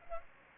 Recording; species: mosquito wingbeat signal from an infrared sensor; Anopheles arabiensis